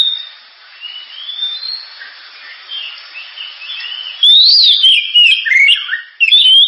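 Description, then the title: Oriental magpie-robin song, quiet scattered whistles over hiss, then a sudden loud burst of sharp, twisting whistled phrases in the last seconds. Gacor (persistently singing) bird with a sharp, very loud voice; recording presented as a pancingan, a lure to prompt other birds to sing. "Kacer Gacor Suara Tajam. Kacer Gacor Suara Super Kenceng Cocok untuk Pancingan"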